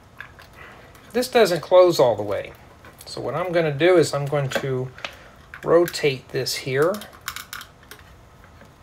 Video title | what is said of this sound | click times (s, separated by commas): Tutorial On How To Make A Built In Wardrobe Closet With LEGO Bricks | I'm just going to place this right inside the closet right on the rod you just snap right in place now | 0.2 s